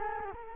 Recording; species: mosquito wingbeat signal from an infrared sensor; Culex quinquefasciatus